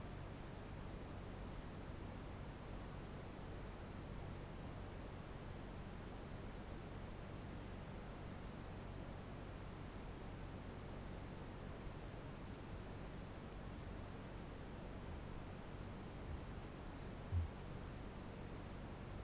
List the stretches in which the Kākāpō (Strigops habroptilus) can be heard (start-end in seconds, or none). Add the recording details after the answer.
17.11-17.71. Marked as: faintness 3/5. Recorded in New Zealand. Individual Barnard